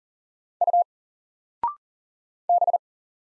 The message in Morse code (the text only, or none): U B